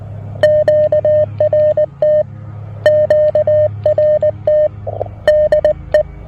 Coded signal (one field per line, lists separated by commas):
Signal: Morse code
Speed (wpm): 20 wpm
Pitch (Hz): 610 Hz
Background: music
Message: QRT QRT DE